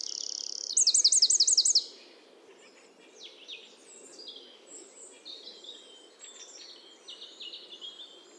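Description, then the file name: Eurasian wren giving a loud, fast trill near the start, followed by faint high twittering over a steady background hiss. "Troglodytes troglodytes"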